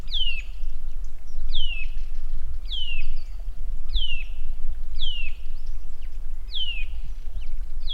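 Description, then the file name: Eurasian nuthatch repeating several clear, descending calls at a steady pace above a low rumbling background. "Sitta europaea"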